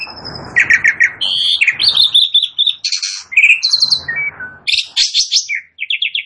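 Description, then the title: Asian pied starling singing a busy jumble of whistles, trills and clipped chirps, pitch jumping high and low. Starts singing in less than a minute. "Belum Satu Menit Jalak Suren Langsung Bunyi"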